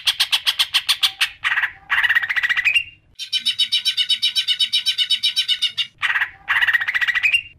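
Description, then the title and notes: Songbird: bird song of rapid, buzzy chirped trills, some ending in a steady whistled tone, others high and dense, with brief gaps between phrases. Chirping birdsong used to train pet songbirds. "Suara Kicauan Burung untuk memaster burung kesayangan"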